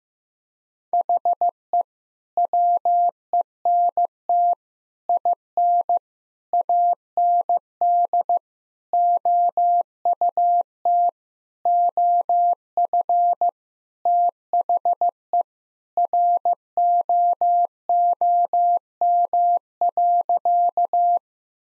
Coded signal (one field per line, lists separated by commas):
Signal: Morse code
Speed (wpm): 16 wpm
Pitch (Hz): 700 Hz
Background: none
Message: HE WENT IN AND OUT OF THE ROOM.